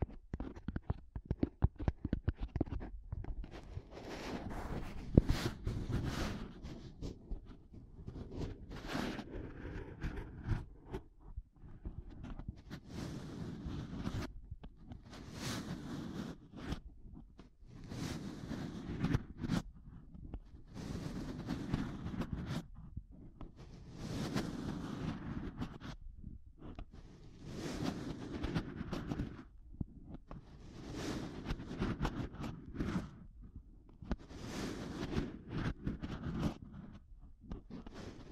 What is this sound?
Intense Mic Tapping and Scratching Sounds